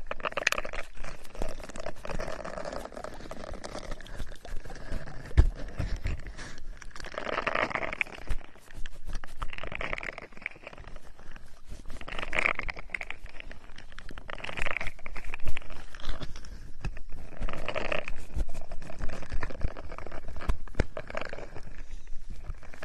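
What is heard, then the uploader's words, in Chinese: Ear cleaning by two people: a constant stream of fine crackling, scratching and rustling fills the whole 23 seconds. Louder scraping swells come every few seconds, around 7, 12, 14 and 18 seconds, over a soft low rumble. 双人采耳。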